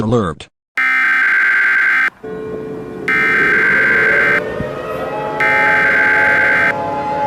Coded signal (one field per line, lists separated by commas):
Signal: Emergency Alert System (SAME) tones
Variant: header bursts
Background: speech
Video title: Eas scenario #2 : Country-humans…